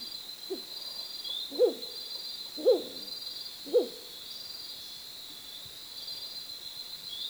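Bird hooting, short low hoots repeated about once a second, three clear notes and a fainter one, over a steady high hiss.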